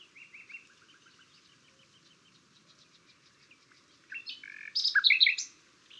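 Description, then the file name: Common nightingale singing soft, repeated low notes, then suddenly loud, varied whistled and chirped notes in a quick cluster before falling quiet. "Luscinia megarhynchos"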